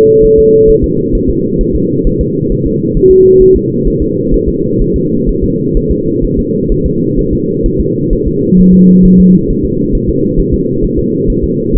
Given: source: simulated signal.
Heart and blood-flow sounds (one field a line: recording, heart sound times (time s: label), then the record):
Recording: fetal heart sounds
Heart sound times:
0.25 s: S1
0.39 s: S2
0.69 s: S1
0.84 s: S2
1.15 s: S1
1.29 s: S2
1.61 s: S1
1.75 s: S2
2.07 s: S1
2.21 s: S2
2.52 s: S1
2.66 s: S2
2.97 s: S1
3.11 s: S2
3.42 s: S1
3.56 s: S2
3.88 s: S1
4.02 s: S2
4.34 s: S1
4.48 s: S2
4.81 s: S1
4.96 s: S2
5.29 s: S1
5.44 s: S2
5.77 s: S1
5.91 s: S2
6.24 s: S1
6.39 s: S2
6.72 s: S1
6.86 s: S2
7.19 s: S1
7.33 s: S2
7.66 s: S1
7.80 s: S2
8.13 s: S1
8.27 s: S2
8.60 s: S1
8.74 s: S2
9.05 s: S1
9.20 s: S2
9.50 s: S1
9.65 s: S2
9.95 s: S1
10.09 s: S2
10.40 s: S1
10.54 s: S2
10.84 s: S1
10.99 s: S2
11.30 s: S1
11.44 s: S2
11.76 s: S1
From the record:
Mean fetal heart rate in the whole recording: 130 bpm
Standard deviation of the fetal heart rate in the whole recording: 4 bpm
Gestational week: 38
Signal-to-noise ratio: -11.2 dB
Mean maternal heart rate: 72 bpm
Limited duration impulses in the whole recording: present